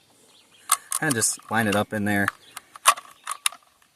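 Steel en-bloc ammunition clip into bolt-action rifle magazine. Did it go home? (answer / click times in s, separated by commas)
yes / 3.5 s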